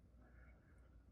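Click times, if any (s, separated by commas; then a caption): none. A SO-DIMM memory module is handled at a laptop memory slot, being lined up to go in. Only a steady low rumble and faint background noise are heard, with no sharp hits. Nothing has seated or clicked yet.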